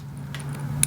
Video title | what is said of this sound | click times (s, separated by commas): Motorcycle Tail Light & Rear Turn Signal Custom Wiring - E24 - Honda CB500F Custom | it should slide in something like that and lock into place so | 0.8 s